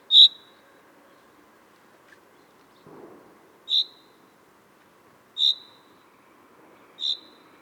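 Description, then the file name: Common chaffinch giving four short, high, piercing call notes at irregular intervals, with a soft muffled thump between the first and second notes. "Fringilla coelebs"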